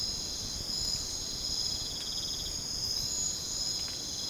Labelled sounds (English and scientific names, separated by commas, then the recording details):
none
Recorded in secondary vegetation near Puerto Asís, Putumayo, Colombia, on 21 December 2024 at 03:30
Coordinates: 0.499, -76.323
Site G010